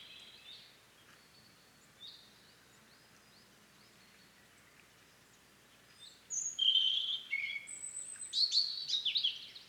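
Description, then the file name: European robin song, faint thin notes early on, then a louder burst of high trilled and whistled phrases in the last few seconds. "Erithacus rubecula"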